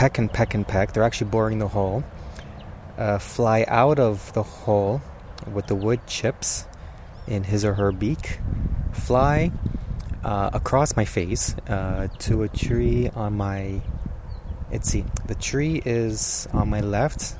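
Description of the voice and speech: Adult man who stutters, narrating with stretched sounds, a repeated start on 'tree' and hesitant pauses, consistent with stuttering.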